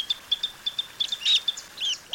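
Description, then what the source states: Western Sandpiper calls: many short high chips and twittering notes in an irregular series. Wintering on the Pacific coast of Sinaloa, Mexico, feeding in spaces created within shrimp farms; locally called el playerito occidental.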